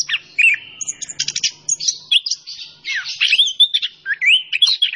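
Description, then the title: Orange-headed thrush song, a dense run of rising and falling whistles, scratchy rattles and twittering notes with almost no gaps; a faint low hum underneath. Bird singing vigorously (gacor); masteran for training songbirds. "Anis Kembang Gacor. Kicau Mania Masteran Anis Kembang"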